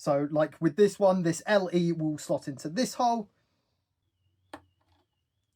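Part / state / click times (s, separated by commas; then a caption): wire connector into model circuit board socket / seated / 4.5 s. Someone talks, then a wire connector labelled LE is pushed into its matching socket on a model Dalek's circuit board. A single short, sharp click is heard at 4.5 seconds as the connector seats in the socket.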